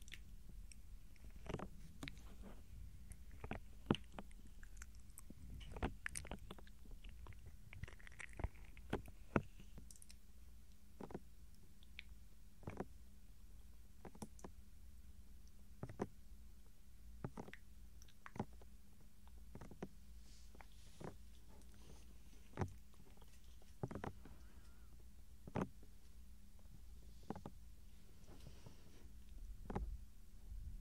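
Soft ear touching and gentle mouth sounds: sharp little taps and wet clicks land irregularly, roughly once or twice a second, over a steady low hum that runs throughout. A few brief rustly smears appear between the clicks, around eight seconds and near the end.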